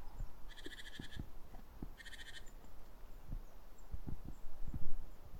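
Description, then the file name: Great tit churring: two harsh rasping buzzy bursts about a second apart, set against hissing background noise and low knocks. "Parus major"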